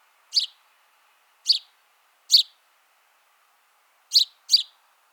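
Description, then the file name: House sparrow calling with five brief chirps, irregularly spaced, the last two close together, in an otherwise quiet setting. "Passer domesticus"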